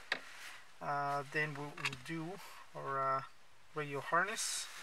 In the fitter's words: just gonna push it into place and should lock in